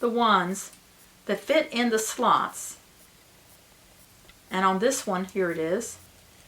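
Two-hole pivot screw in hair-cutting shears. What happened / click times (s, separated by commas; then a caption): Handled, not yet home: no detent click heard while the tool is being fitted / none. Someone talks in bursts from about 0 to 0.7 s, 1.3 to 2.8 s and 4.5 to 6.0 s while a small two-pin tool is handled and fitted to the two holes of the metal pivot screw on hair-cutting shears. Between the words there is only quiet background, and no click is heard. Nothing has seated or clicked yet: the pivot screw has not been turned into its detent by the end of the clip.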